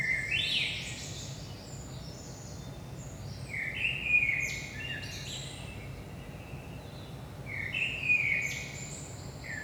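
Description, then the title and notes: Common blackbird delivers several rich whistled phrases with high, rasping twitters, over a persistent low background hum. Saint-Gilles, Belgium; early morning, 5 am; recorded with a DPA 4060 microphone pair in AB position into a Zoom F3. "Saint-Gilles, Belgique - 5am Blackbird. Blackbird in the morning. Merle au petit matin"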